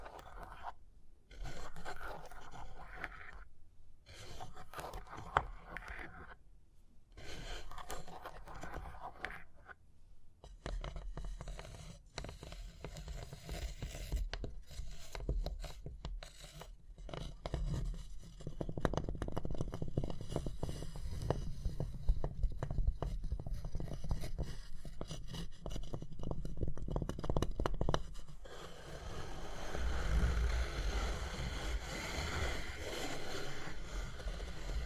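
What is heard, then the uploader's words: Tapping and scratching, with dry scraping strokes and scattered taps that come in uneven bursts. The first ten seconds have short gaps between strokes. After that the rubbing turns continuous and denser, with a low rumble underneath, then eases slightly near the end. Tapping and Scratching (No Talking).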